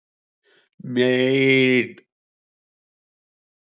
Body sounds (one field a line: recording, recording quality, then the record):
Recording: sustained vowel as in made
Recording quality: excellent, no background noise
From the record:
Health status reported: respiratory illness, not identified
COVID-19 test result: negative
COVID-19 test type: RT-PCR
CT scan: not taken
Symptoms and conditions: cold, sore throat, fatigue, asthma, another condition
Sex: male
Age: 25 years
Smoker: no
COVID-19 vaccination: none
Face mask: not worn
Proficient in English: yes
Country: India